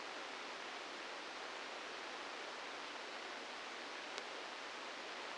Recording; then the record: brain microelectrode recording played as sound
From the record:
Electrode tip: outside the subthalamic nucleus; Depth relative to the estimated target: 3 mm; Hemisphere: left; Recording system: NeuroSet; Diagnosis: Parkinson's disease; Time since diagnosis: 15 years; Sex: female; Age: 59 years